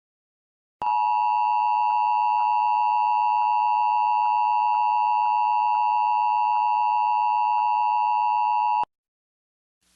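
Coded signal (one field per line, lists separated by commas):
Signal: Emergency Alert System (SAME) tones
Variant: 853 and 960 Hz attention tone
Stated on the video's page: Required Monthly Test in San Francisco.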